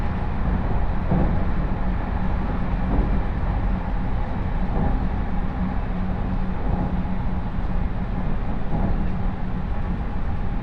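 A rail journey on the Chūō West Line, heard as a steady, dense low rumble of the train in motion. Faint rhythmic thumps recur about every two seconds, like wheels over rail joints, with a soft steady hum riding above the constant roar.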